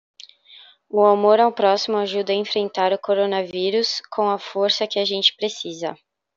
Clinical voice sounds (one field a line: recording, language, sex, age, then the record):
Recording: spoken sentence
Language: Brazilian Portuguese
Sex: female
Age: 18 to 19 years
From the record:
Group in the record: control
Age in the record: 19 years